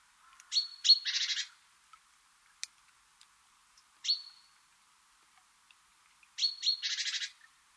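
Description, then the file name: Great tit calls: two high notes with a rasping churr, a single high note in between, then the full call again. "Parus major"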